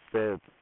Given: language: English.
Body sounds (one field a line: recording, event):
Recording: throat vibration sensor signal played as sound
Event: speech